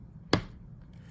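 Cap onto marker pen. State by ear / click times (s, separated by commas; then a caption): seated / 0.3 s. A marker pen is stood upright and its plastic cap is pressed on until it clicks shut at 0.3 s, a single sharp snap against a quiet background. The click means the cap is fully closed so the marker won't dry out.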